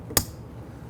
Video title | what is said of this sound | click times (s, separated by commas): How to Replace Rear Exterior Door Handles 2007-2014 Cadillac Escalade 6.2L V8 | you're going to hear it lock | 0.2 s